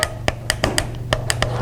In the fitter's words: okay there's our click I just do it a couple at least a couple times all right